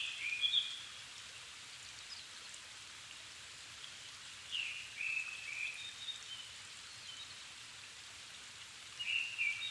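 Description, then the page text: Japanese thrush singing short fluty whistled phrases separated by pauses of several seconds, with a constant hissing background. Recorded 7 May 2011 at 17:59, evening; altitude 270 m; Sony PCM-D50 recorder with Panasonic WM-61A mic. "Turdus cardis [Sounds -Nikko Today-]"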